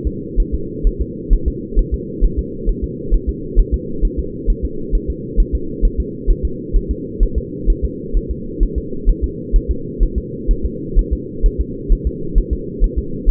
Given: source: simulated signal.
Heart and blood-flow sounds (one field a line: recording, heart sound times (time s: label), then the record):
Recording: fetal heart sounds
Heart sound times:
0.07 s: S2
0.40 s: S1
0.54 s: S2
0.87 s: S1
1.01 s: S2
1.33 s: S1
1.48 s: S2
1.79 s: S1
1.94 s: S2
2.24 s: S1
2.39 s: S2
2.69 s: S1
2.84 s: S2
3.14 s: S1
3.29 s: S2
3.59 s: S1
3.74 s: S2
4.05 s: S1
4.19 s: S2
4.50 s: S1
4.65 s: S2
4.95 s: S1
5.10 s: S2
5.40 s: S1
5.55 s: S2
5.85 s: S1
6.00 s: S2
6.31 s: S1
6.45 s: S2
6.76 s: S1
6.91 s: S2
7.23 s: S1
7.38 s: S2
7.70 s: S1
7.84 s: S2
8.17 s: S1
8.31 s: S2
8.63 s: S1
8.78 s: S2
9.09 s: S1
9.24 s: S2
9.56 s: S1
9.71 s: S2
10.03 s: S1
10.18 s: S2
10.51 s: S1
10.66 s: S2
10.99 s: S1
11.13 s: S2
11.46 s: S1
11.60 s: S2
11.92 s: S1
12.07 s: S2
12.38 s: S1
12.53 s: S2
12.84 s: S1
12.98 s: S2
13.30 s: S1
From the record:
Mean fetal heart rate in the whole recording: 130 bpm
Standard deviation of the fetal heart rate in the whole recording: 4 bpm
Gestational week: 38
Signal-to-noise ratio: -4.3 dB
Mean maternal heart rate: 72 bpm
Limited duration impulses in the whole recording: absent